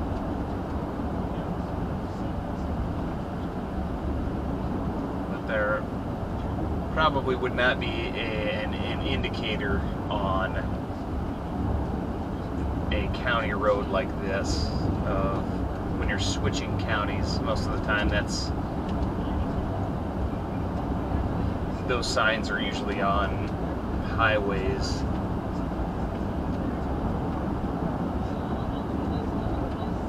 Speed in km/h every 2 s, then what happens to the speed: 90, 87, 87, 87, 85, 84, 85, 87, 90, 90, 90, 90, 92, 93, 92.
0-30 steady at about 90.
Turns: none.